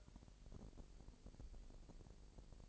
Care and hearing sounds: daily activity, microphone in the room; take from stove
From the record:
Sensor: 5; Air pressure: 1002.1 hPa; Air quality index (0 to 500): 299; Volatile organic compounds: 50 ppm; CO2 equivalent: 3297 ppm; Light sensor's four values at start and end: 19/43/19/21 and 19/42/18/20

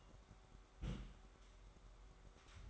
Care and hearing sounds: daily activity, microphone in the room; place on stove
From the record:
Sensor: 3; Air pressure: 1010.3 hPa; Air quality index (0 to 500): 167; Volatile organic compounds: 9 ppm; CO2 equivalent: 2180 ppm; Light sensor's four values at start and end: 50/123/54/60 and 50/123/54/60

